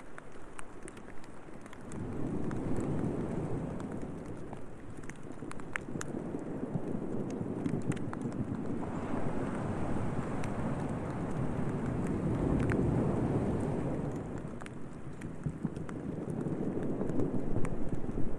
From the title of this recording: Light Rain Over Ocean w/ Waves Breaking Over Rocks